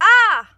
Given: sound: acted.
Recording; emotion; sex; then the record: nonverbal affect burst; pain; female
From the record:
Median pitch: 412 Hz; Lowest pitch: 183 Hz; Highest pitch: 495 Hz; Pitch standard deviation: 105 Hz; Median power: 78.1 dB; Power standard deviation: 17.5 dB